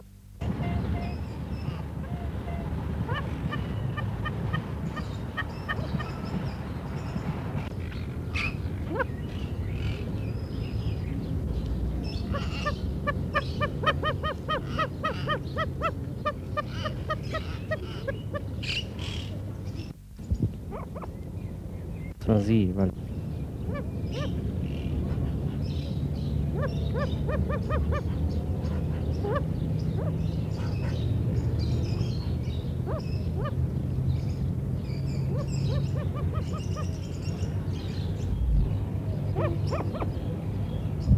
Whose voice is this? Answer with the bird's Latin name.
Catreus wallichii